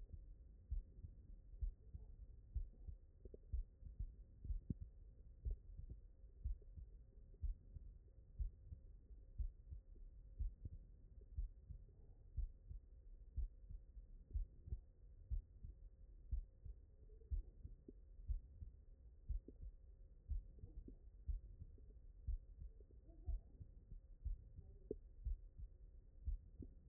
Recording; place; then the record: heart sounds by stethoscope; mitral valve (MV)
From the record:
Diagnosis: non-HFrEF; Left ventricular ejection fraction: 67%